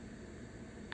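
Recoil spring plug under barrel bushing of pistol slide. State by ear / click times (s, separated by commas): seated / 0.9 s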